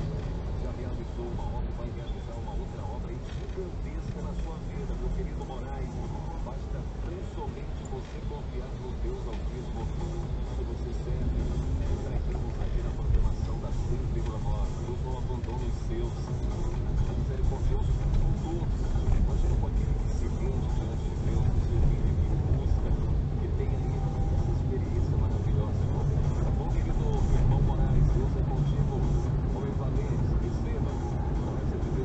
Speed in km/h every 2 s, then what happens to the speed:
5, 6, 8, 8, 8, 13, 16, 16, 18, 26, 26, 29, 32, 37, 40, 42.
0-8 steady at about 8. 8-32 speeds up to 42.